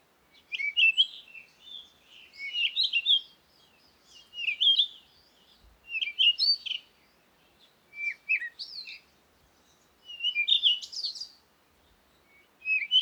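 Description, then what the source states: Birds give repeated bursts of high, jumbled chirps and quick whistles, spaced roughly every two seconds, with quiet gaps between. Recorded at Komati, Africa, in the morning with wind; birds close.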